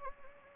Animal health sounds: mosquito wingbeat signal from an infrared sensor; Anopheles gambiae

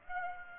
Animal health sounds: mosquito wingbeat signal from an infrared sensor; Aedes aegypti

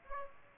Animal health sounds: mosquito wingbeat signal from an infrared sensor; Aedes aegypti

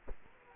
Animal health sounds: mosquito wingbeat signal from an infrared sensor; Culex quinquefasciatus

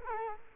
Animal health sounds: mosquito wingbeat signal from an infrared sensor; Culex quinquefasciatus

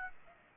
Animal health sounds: mosquito wingbeat signal from an infrared sensor; Aedes aegypti

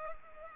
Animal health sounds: mosquito wingbeat signal from an infrared sensor; Culex pipiens

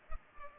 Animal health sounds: mosquito wingbeat signal from an infrared sensor; Culex pipiens

